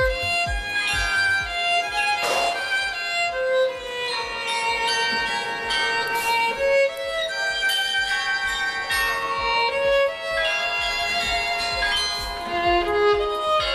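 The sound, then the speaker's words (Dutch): The carillon of the Grote Kerk in Hoorn and an amplified violin play a slow melody together in a concert, with sustained bowed notes over layered, shimmering bell tones. The music is steady and continuous, with no talking. “Hij op het carillon en zij op de viool.”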